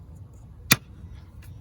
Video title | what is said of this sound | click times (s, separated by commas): 2014 Chevy Cruze Purge Valve Replacement - Code P0496 - Fix - DIY - Easy Fix - Guide - Tutorial | You push down till you hear that click. | 0.7 s